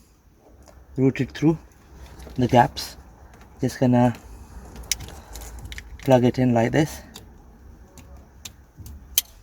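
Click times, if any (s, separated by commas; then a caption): 9.2 s. On a first-generation Honda Jazz (Fit) getting a replacement for its damaged tailgate, the tailgate wiring harness plug, routed through the gaps, is pushed into its body-side mating connector while someone talks. Small handling rattles and taps are heard before a sharp, loud click at 9.2 s as the connector seats.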